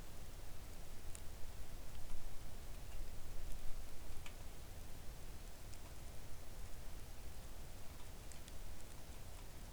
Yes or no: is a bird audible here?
no